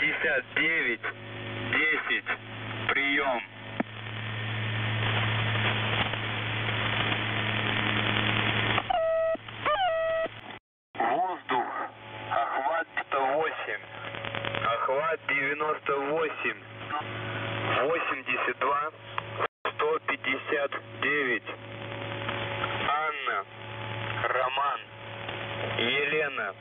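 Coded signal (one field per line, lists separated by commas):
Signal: coded military voice message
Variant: The Goose, Russian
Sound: hissy radio noise, then a Russian voice reading codewords, numbers and names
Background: radio static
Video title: The Goose | 03rd September 2023 | Voice Messages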